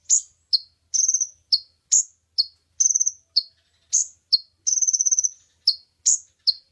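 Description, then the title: Oriental magpie-robin song of varied high chirps mixed with quick trilled rattles, delivered in steady succession with short gaps between phrases. Champion contest bird singing prolifically (gacor). "Kacer Juara Gacor"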